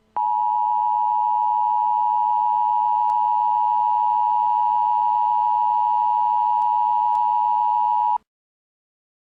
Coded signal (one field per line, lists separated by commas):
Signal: Emergency Alert System (SAME) tones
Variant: 853 and 960 Hz attention tone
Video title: EAS - Troll Warning (02/23/2014)